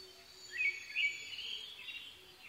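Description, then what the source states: Blue-and-white flycatcher song: one short whistled phrase that climbs and then trails off, with other birds faintly singing behind it. Recorded 22 May 2011 at 04:34.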